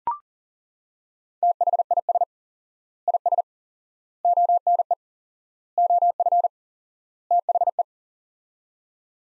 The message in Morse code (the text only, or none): THIS IS ONE OF THE